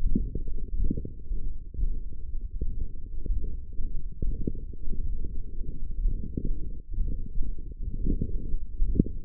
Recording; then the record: forearm muscle sounds (acoustic myography)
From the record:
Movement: radial deviation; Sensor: system 1, eight BSWA MPA416 microphones around the upper forearm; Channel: 5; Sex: male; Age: 23 years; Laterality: right